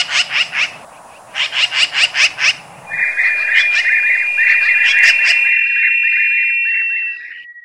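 Eurasian magpie harsh chatter in two rapid bursts of grating notes, followed by a steady tone.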